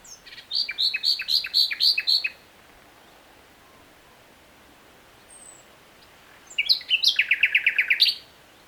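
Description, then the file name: Common nightingale song: two loud phrases of fast, evenly repeated chattering notes, each lasting about two seconds, separated by several seconds of quiet with a faint chirp. "Luscinia megarhynchos"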